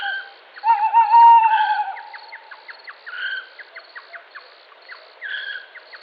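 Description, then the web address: Tawny owl giving one long hoot that wavers toward its end, over steady, repeated chirping and clicking in the background. "strix aluco call"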